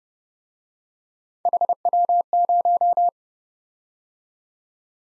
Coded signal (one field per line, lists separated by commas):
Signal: Morse code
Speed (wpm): 28 wpm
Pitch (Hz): 700 Hz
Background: none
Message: HW0